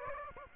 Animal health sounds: mosquito wingbeat signal from an infrared sensor; Aedes aegypti

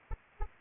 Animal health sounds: mosquito wingbeat signal from an infrared sensor; Anopheles arabiensis

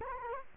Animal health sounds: mosquito wingbeat signal from an infrared sensor; Culex quinquefasciatus

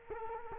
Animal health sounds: mosquito wingbeat signal from an infrared sensor; Culex quinquefasciatus

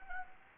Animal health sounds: mosquito wingbeat signal from an infrared sensor; Anopheles arabiensis

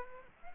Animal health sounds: mosquito wingbeat signal from an infrared sensor; Aedes aegypti

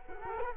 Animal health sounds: mosquito wingbeat signal from an infrared sensor; Culex quinquefasciatus

